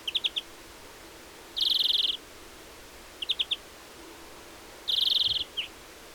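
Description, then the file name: European greenfinch giving short triple chip notes alternating with long nasal, buzzy wheezes, each repeated twice, against quiet steady background noise. "Chloris chloris"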